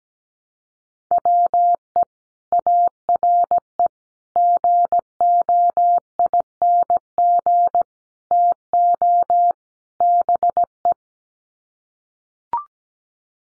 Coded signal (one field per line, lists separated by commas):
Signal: Morse code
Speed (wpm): 17 wpm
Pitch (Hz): 700 Hz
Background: none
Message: WE ARE GOING TO BE